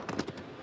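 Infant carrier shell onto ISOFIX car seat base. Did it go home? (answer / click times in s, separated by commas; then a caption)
yes / 0.1 s, 0.2 s. A rear-facing Bébé Confort infant carrier shell, which can also go on a stroller, is pushed down onto its ISOFIX base in a car, which has an anti-rotation system. Small clicks are heard at 0.1 s and 0.2 s, and the carrier is correctly locked in place.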